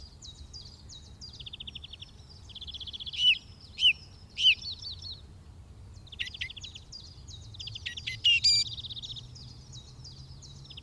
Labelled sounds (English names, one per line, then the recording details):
Song Thrush song
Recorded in the wild
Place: Garmisch-Partenkirchen, Bayern, DE
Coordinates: 47.5203, 11.0819
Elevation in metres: 847
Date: 1969-04-12
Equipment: Uher 4000 Report
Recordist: Tretzel, Erwin